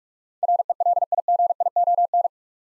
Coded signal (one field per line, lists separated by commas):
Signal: Morse code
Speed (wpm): 46 wpm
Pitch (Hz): 700 Hz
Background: none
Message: RELIGION